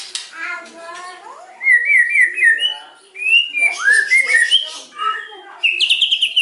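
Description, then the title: White-rumped shama: melodious whistled song with wavering, rising and falling notes in short phrases, ending on a high bright flourish. White-rumped shama singing energetically (gacor), used as a lure (pancingan) to provoke a response from other birds. "PANCINGAN MEWAH MURAI BATU GACOR"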